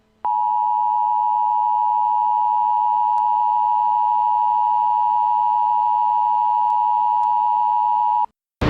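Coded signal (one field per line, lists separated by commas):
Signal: Emergency Alert System (SAME) tones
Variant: 853 and 960 Hz attention tone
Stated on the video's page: Dust Storm Warning SAME tones from the National Weather Service Phoenix for Maricopa and Pinal Counties.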